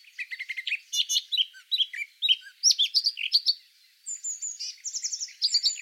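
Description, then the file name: Eurasian blackcap warbling: a hurried stream of chirpy, scratchy notes, then after a short break a run of clear, high whistled phrases. "Sylvia atricapilla"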